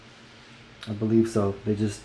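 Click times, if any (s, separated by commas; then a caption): none. A Sennheiser IE 900 earphone cable connector is being handled at the in-ear monitor socket, to be pushed straight on rather than twisted, while someone talks over a quiet background. Nothing has seated or clicked yet; the connector is not yet home when the clip ends.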